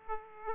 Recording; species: mosquito wingbeat signal from an infrared sensor; Aedes aegypti